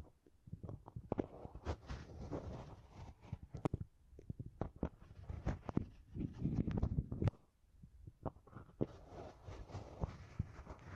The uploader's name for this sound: Brain Tingly Sounds Using Beeswax